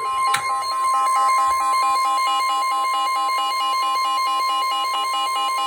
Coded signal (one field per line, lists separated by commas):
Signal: Emergency Alert System (SAME) tones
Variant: 1050 Hz attention tone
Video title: EAS #36 (SVR)